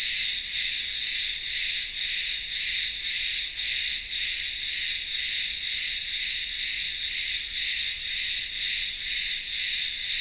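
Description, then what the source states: Cicadas in a dense, continuous high buzzing chorus that swells and fades about twice a second, steady throughout. Cicadas in the midday heat, town square of a remote Greek village on Ikaria island, Greece.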